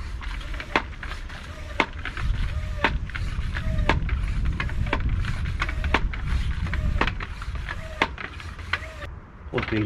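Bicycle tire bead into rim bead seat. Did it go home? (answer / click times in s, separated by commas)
no / none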